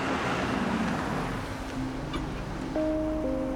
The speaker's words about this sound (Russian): По мосту проезжает и останавливается машина.